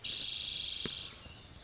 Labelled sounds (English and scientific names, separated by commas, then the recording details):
Spotted Towhee (Pipilo maculatus)
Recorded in Sonoma County, California